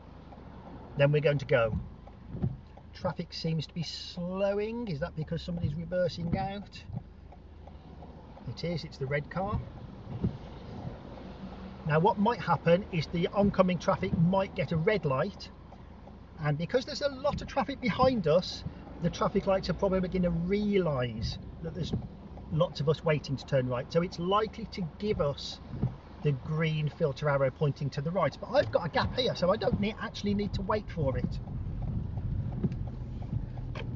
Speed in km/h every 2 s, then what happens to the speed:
0, 0, 0, 0, 0, 0, 0, 0, 0, 0, 0, 0, 0, 0, 11, 21, 23.
0-26 standing. 26-34 pulls away to 23.